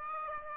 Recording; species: mosquito wingbeat signal from an infrared sensor; Aedes aegypti